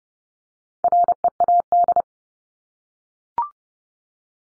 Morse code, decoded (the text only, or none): READ